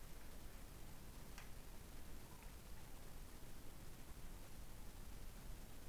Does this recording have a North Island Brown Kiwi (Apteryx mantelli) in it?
no